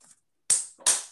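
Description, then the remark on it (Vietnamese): Two sharp hand claps, made during a lesson to demonstrate the sense of hearing, roughly a third of a second apart. Each is a crisp bright smack with a quick decay, preceded by a faint brief tap. “Cái tiếng vỗ tay này á, là cái sự nghe.”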